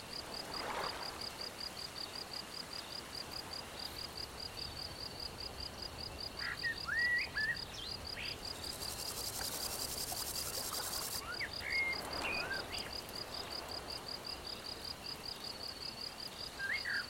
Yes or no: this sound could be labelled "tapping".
no